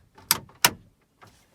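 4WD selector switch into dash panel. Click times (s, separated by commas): 0.3 s, 0.6 s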